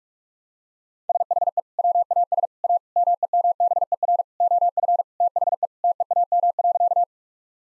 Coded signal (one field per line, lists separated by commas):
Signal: Morse code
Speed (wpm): 46 wpm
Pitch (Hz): 700 Hz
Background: none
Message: SHE WAS A MEMBER OF THE TEAM.